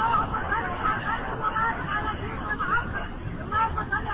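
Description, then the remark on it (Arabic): An audience chants blessings on the Prophet together in response to a preacher's call during a sermon by Sheikh Abdel Hamid Kishk, a steady overlapping murmur of many voices that runs unbroken for about four seconds with no single voice standing out. “اللي حب النبي محمد يسمعنا الصلاة عليه.”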